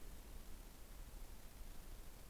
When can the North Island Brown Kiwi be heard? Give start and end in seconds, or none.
none